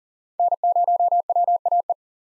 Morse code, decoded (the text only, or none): N0WAE